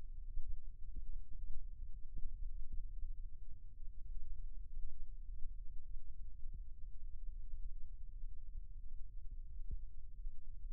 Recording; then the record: forearm muscle sounds (acoustic myography)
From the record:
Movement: rest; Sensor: system 2, bracelet of six BSWA MPA416 microphones around the upper forearm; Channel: 6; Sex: male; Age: 22 years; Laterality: right